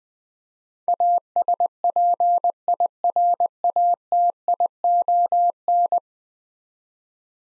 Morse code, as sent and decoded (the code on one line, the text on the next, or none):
.- ... .--. .. .-. .- - .. --- -.
ASPIRATION